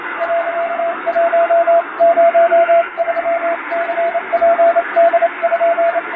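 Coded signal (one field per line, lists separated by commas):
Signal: Morse code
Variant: Japanese Wabun code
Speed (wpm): 28 wpm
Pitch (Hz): 680 Hz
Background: radio noise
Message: 、103ニツポ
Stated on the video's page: Recreated Japanese Wabun Morse ship-to-shore radiotelegram, sent in scrambled text on an electronic keyer, as receiving practice.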